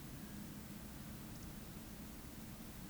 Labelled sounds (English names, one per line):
Eurasian Woodcock whistle